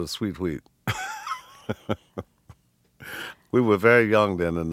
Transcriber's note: laughter